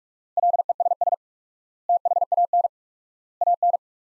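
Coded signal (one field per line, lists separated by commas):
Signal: Morse code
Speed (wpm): 41 wpm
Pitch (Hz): 700 Hz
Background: none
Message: LESS THAN AN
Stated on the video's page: Morse practice of sentences from the top 500 words at 45 wpm with 4x standard word spacing, a Farnsworth-like method.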